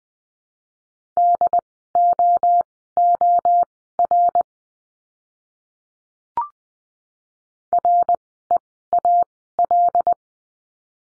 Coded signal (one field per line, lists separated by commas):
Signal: Morse code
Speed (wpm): 20 wpm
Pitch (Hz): 700 Hz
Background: none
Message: DOOR REAL